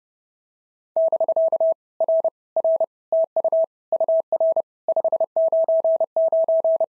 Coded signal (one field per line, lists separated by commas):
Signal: Morse code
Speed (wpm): 26 wpm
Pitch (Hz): 650 Hz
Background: none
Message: <BK> R R TU UR 599